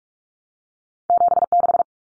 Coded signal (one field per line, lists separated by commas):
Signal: Morse code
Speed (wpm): 44 wpm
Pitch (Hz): 700 Hz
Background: none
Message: 76